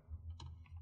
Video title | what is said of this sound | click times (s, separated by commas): ✔ ASUS TUF fx505d HDD SSD NVME UPGRADE , STEP By STEP | place it on top press down the back you hear those clicks on the side | 0.4 s, 0.7 s